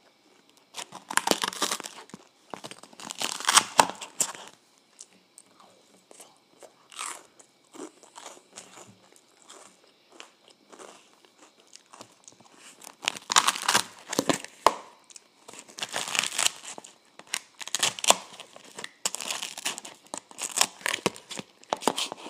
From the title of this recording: Eating Ice Cream and Waffles